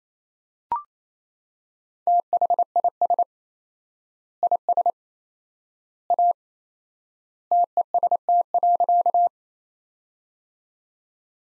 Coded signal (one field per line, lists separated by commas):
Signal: Morse code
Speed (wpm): 28 wpm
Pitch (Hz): 700 Hz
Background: none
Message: THIS IS A TEST.